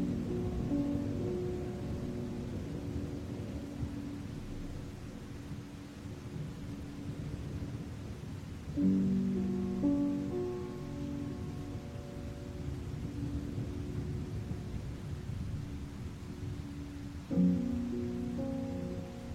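Low, rumbling thunder rolls under steady sustained music tones, with fresh chords or swells entering around nine and seventeen seconds.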